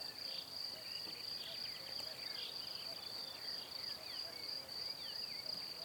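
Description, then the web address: Cricket trilling continuously at a high pitch over a hissy background. "Kurs PTTK Przyroda Ptaki Świerszcze"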